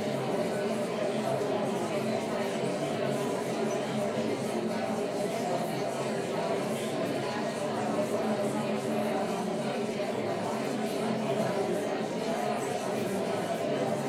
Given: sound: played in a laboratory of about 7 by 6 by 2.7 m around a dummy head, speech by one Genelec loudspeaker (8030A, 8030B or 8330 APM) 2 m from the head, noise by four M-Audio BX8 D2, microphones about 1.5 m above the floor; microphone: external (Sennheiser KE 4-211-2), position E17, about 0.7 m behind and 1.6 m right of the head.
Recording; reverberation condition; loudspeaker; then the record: babble noise; medium; four, about 170 cm from the corners of the room and facing them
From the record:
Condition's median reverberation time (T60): about 510 ms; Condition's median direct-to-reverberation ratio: about -0.5 dB